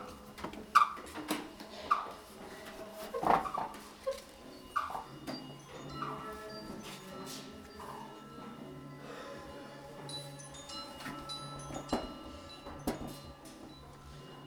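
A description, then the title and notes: Large metal prayer wheels turn in an open square, their bells giving bright ringing strikes roughly every second at first, then scattered clanks later on. A low, steady rumble and faint creaking of the rotating drums run underneath, with murmuring voices. These large metal prayer wheels are found in a large square around the copper and gold leaf statue of Avalokiteśvara at Gandan Monastery.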